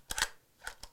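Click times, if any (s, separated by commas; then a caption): none. A metal bayonet is pushed onto the bayonet lug/rail of a Romanian WASR 10/63 AK-47 rifle, producing a series of sharp metallic knocks and scrapes. The bayonet fails to lock because it needs more filing, and nothing has seated or clicked yet.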